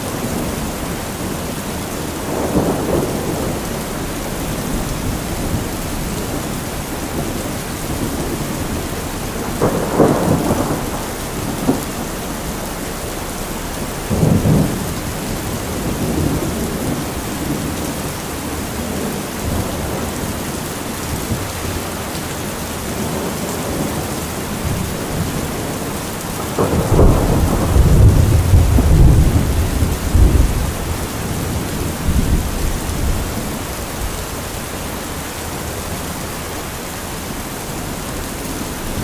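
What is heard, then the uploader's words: Heavy rain pours down steadily in a forest, a dense, even hiss filling the whole clip. Low thunder rumbles roll in around 2, 10 and 14 seconds, with a longer, louder, deeper peal from about 27 to 31 seconds before fading. Sound of Heavy Rainstorm & Thunder in the Misty Fores.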